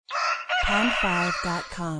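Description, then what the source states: Chicken: rooster crowing, a loud cock-a-doodle-doo with a short opening note followed by a long, harsh, stepped phrase. Cockerel crowing.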